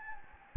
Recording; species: mosquito wingbeat signal from an infrared sensor; Anopheles gambiae